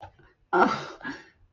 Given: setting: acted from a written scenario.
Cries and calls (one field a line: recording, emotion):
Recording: vocal sound without words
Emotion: confusion